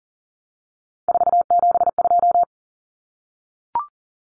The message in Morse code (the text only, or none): 472